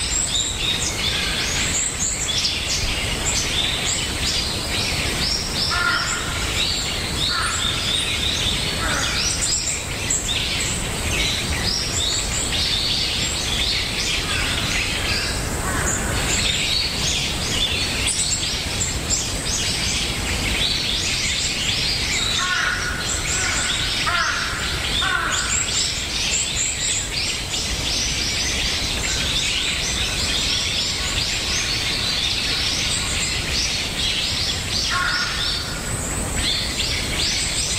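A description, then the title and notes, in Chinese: Forest sounds: a dense, steady wash of bright insect-like buzzing and rustling fills the whole stretch, with a low rumble underneath. Short bird chirps break through now and then, clustered around 6–9, 22–27 and 35 seconds. ASMR森林聲。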